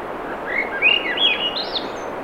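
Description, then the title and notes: Swainson's thrush song phrase, fluted notes swirling upward and ending in a high wispy flourish, against continuous surf hiss. Singing, 7:15 pm, 7 June 2017, low 50s, clear skies, between tides; Sun Dew Trail near Ocean Beach, Schoodic Peninsula, Acadia National Park, Maine; Fostex FR2, ME 66 shotgun; high-pass filtered against surf. "Swainson's Thrush pm. Swainson's Thrush singing Wednesday June 7, 2017 7:15 pm temperature low 50s clear skies between the tides Sun Dew Trail where it intersects with trail to Ocean Beach Schoodic Pennisula Acadia National Park Winter Harbor, ME"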